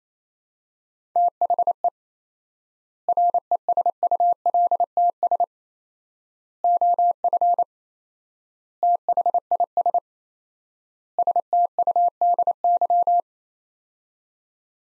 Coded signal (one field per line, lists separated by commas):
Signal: Morse code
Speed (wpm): 27 wpm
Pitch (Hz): 700 Hz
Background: none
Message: THE RESULTS OF THIS STUDY